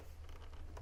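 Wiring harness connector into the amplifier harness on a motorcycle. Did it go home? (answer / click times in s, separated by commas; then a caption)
no / none. A wiring harness connector is handled against the amplifier harness during a Harley Stage 2 audio install on a motorcycle. Only faint, brief handling ticks and rustles are heard over a steady low hum. The connector has not seated or clicked in yet.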